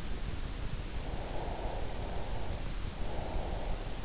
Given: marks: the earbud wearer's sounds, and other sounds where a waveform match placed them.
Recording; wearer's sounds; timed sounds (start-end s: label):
sounds in sleep by an in-ear microphone; breath
0.92-3.67 s: breath